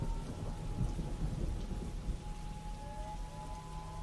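On a windy, rainy night, a heavy downpour hisses steadily while deep thunder rumbles low and continuous beneath it, loud and unbroken for the whole stretch, with no voices.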